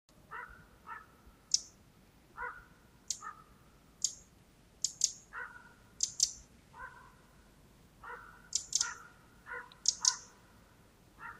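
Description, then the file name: Eurasian wren calls: hard, high clicks singly and in pairs at irregular intervals, with lower rough notes in between. "Troglodytes troglodytes"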